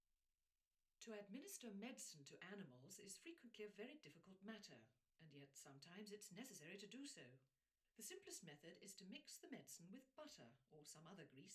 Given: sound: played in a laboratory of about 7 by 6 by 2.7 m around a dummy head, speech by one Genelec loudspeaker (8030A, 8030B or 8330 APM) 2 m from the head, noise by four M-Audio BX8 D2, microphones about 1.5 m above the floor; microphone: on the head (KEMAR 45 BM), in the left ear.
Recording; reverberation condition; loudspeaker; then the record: female speech in English; low; in front (0 degrees)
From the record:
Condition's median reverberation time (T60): about 310 ms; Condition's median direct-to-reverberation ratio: about 3.5 dB